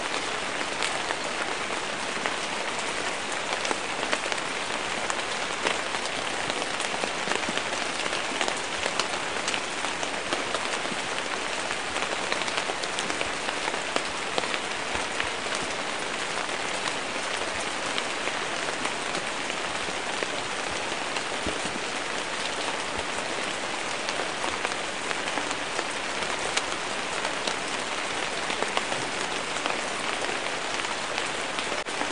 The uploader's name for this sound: Raining on the Leaves